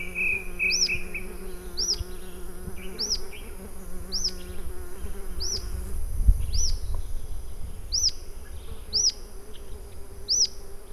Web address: sound Rough-legged-tyrannulet. صدای-پرنده-ژیانمرغک-پازبر